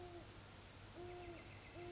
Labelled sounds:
Great Horned Owl (Bubo virginianus)
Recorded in Sonoma County, California

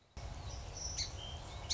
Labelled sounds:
Song Sparrow (Melospiza melodia)
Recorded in Sonoma County, California

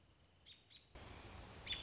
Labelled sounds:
American Robin (Turdus migratorius)
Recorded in Sonoma County, California

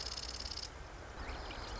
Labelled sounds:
Marsh Wren (Cistothorus palustris)
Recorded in Sonoma County, California

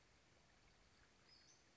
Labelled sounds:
Western Flycatcher (Empidonax difficilis)
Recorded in Sonoma County, California

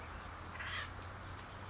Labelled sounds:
Acorn Woodpecker (Melanerpes formicivorus)
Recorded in Sonoma County, California

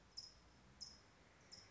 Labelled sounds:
California Towhee (Melozone crissalis)
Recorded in Sonoma County, California

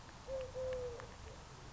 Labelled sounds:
Eurasian Collared Dove (Streptopelia decaocto)
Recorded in Sonoma County, California

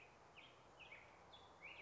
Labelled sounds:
Black-headed Grosbeak (Pheucticus melanocephalus)
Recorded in Sonoma County, California

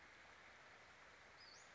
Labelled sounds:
Western Flycatcher (Empidonax difficilis)
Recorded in Sonoma County, California

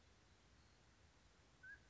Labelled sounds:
Mountain Quail (Oreortyx pictus)
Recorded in Sonoma County, California

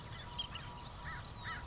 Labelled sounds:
American Crow (Corvus brachyrhynchos)
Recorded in Sonoma County, California

